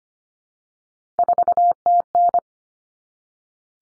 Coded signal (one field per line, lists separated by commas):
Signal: Morse code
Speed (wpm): 25 wpm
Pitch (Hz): 700 Hz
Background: none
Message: 4TN